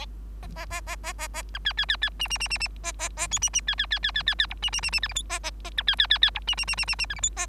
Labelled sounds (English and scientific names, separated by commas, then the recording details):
Bengalese Finch (Lonchura striata domestica) song
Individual Bird3